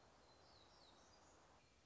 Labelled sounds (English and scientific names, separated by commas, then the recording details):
Black-throated Gray Warbler (Setophaga nigrescens)
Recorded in Sonoma County, California